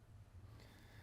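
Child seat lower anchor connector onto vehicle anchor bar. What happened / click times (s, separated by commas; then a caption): Handled, not yet home: no seating click, the anchor connector has not latched / none. The lower anchor connector of a child car seat is handled and pushed toward the vehicle's lower anchor bar at the marked spot. A steady low hum runs under soft rustling and handling noise, with no sharp transients. Nothing has seated or clicked yet.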